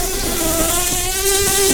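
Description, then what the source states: Red-tailed bumblebee buzzing with a steady, low droning hum that wavers slightly in pitch, under heavy hiss. Queens.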